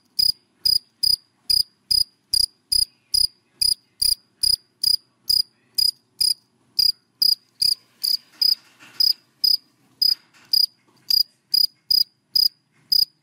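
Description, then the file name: Cricket chirping, sharp high pulses repeated about two to three times a second with a few short gaps, and brief faint rustling near the middle. Crickets calling, given by the Vietnamese names dế mèn, dế cơm and dế than. "Tieng de men de com de than keu"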